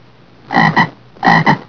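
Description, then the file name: Frog croaking: two double-pulsed croaks, each a pair of short throaty notes, in a quiet background. "froggy"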